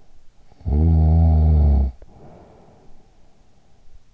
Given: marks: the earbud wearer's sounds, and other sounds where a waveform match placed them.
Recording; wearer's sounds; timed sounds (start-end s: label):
sounds in sleep by an in-ear microphone; snoring breath
0.47-3.87 s: snoring breath